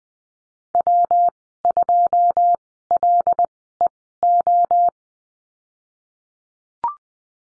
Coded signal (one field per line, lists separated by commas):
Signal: Morse code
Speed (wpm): 21 wpm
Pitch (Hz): 700 Hz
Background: none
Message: W2LEO